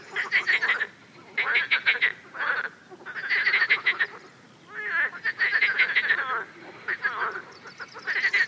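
Frogs croaking in dense bursts of rapid pulsed notes, with brief pauses between bouts.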